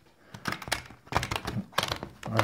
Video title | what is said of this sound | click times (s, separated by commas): Akkustaubsauger mit 'WUMMS' (Dyson V11 Absolute Extra). | rastet ein von alleine sagt dann ist das schon drin mit | 2.4 s